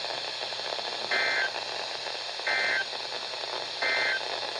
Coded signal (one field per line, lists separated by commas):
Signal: Emergency Alert System (SAME) tones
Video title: THE SLIGHT RISK ADVENTURE. (PT.1-3)(EAS#161-182)(2/17/22)